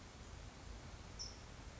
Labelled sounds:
California Towhee (Melozone crissalis)
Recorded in Sonoma County, California

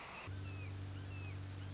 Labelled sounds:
Red-shouldered Hawk (Buteo lineatus)
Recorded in Sonoma County, California

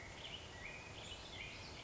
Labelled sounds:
Black-headed Grosbeak (Pheucticus melanocephalus)
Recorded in Sonoma County, California

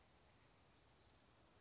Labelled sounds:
Orange-crowned Warbler (Leiothlypis celata)
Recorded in Sonoma County, California

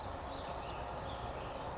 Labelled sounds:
Western Flycatcher (Empidonax difficilis)
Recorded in Sonoma County, California

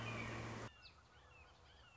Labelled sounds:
Red-shouldered Hawk (Buteo lineatus)
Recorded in Sonoma County, California

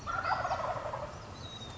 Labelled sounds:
Wild Turkey (Meleagris gallopavo)
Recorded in Sonoma County, California

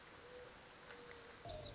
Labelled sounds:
Mourning Dove (Zenaida macroura)
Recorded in Sonoma County, California

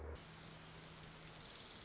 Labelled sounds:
Orange-crowned Warbler (Leiothlypis celata)
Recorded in Sonoma County, California

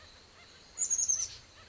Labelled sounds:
Oak Titmouse (Baeolophus inornatus)
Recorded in Sonoma County, California

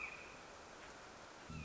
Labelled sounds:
Red-shouldered Hawk (Buteo lineatus)
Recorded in Sonoma County, California

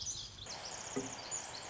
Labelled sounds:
Pacific Wren (Troglodytes pacificus)
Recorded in Sonoma County, California

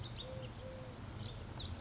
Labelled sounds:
Eurasian Collared Dove (Streptopelia decaocto)
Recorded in Sonoma County, California

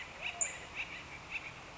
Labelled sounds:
Acorn Woodpecker (Melanerpes formicivorus)
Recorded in Sonoma County, California

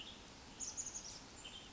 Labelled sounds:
Western Tanager (Piranga ludoviciana)
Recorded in Sonoma County, California

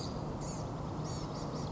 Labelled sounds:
Blue-gray Gnatcatcher (Polioptila caerulea)
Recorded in Sonoma County, California

